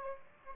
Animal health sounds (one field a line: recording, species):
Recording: mosquito wingbeat signal from an infrared sensor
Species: Aedes aegypti